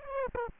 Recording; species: mosquito wingbeat signal from an infrared sensor; Aedes aegypti